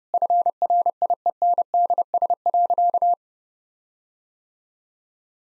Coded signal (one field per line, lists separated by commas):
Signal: Morse code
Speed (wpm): 30 wpm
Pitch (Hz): 700 Hz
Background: none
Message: FRIENDS.